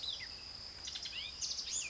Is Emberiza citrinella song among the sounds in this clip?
no